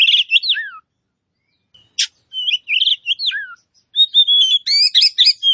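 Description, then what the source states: Oriental magpie-robin giving scattered whistled phrases and falling slurs separated by silent gaps, plus one sharp harsh note, ending in faster trilled warbling. Kacer poci form of the magpie-robin, singing vigorously (gacor).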